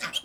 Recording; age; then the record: pig call; piglet (1 to 25 days)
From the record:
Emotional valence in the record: negative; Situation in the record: castration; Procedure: castration, fixation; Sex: male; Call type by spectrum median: high-frequency call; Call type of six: low-frequency tonal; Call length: 0.24 s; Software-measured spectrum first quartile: 1730 Hz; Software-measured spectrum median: 2958 Hz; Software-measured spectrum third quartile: 3717 Hz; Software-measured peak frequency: 3233 Hz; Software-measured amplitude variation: 275 dB a second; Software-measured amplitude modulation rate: 6.1 a second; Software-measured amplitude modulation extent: 44.9 dB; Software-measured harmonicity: 2.5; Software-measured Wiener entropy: -1.61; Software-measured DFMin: 577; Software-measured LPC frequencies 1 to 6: 1395, 2333, 3188, 5042, 6294, 7069 Hz